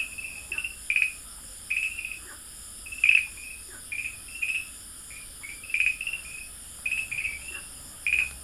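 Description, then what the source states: Farmland green tree frog chirps: brief, bright notes in loose series, some paired, amid a steady hiss. Dalin.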